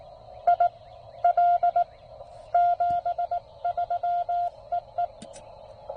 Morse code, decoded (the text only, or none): IL 73 EE